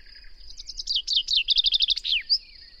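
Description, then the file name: Common chaffinch singing a quick run of chirpy notes that ends in a sharp downward flourish and a short high note, with a constant high whine behind. "Fringilla coelebs"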